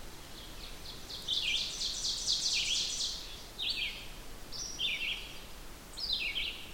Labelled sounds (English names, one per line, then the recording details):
Ovenbird song
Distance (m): 45 m
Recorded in boreal forest in Alberta, Canada, on 16 June 2016 at 08:30
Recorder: SongMeter 3, array SBT-3-32
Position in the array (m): 162 m, 33 m
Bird 36